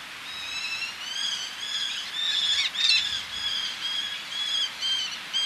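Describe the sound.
Eleonora's falcon calling, rapid nasal notes in an irregular chatter.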